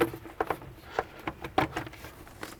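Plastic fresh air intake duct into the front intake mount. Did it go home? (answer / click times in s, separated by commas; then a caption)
no / none. A plastic fresh air intake duct is handled and fitted into the front intake mount on a BMW N55 engine (2009–2019 BMW E90 335i, F30 335i, F87 M2, E82 135is). Short plastic knocks and rubbing are heard, with sharp taps at about 0.0, 0.4 and 1.6 seconds. Nothing has seated or clicked yet.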